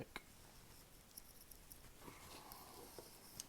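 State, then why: Not seated. A crimped contact on 10 AWG wire is pushed with a very small screwdriver into a PP45 Powerpole connector housing, giving only faint scrapes and small ticks around 0.2, 1.2, 1.5, 1.7, 2.5 and 3.4 seconds. Nothing has clicked into place yet; the contact has not seated, so it will be tried again from the other side.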